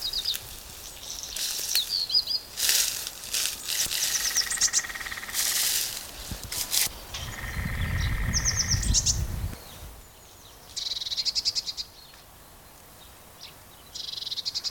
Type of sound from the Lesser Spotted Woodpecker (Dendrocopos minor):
drumming